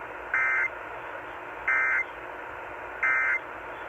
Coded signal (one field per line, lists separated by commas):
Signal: Emergency Alert System (SAME) tones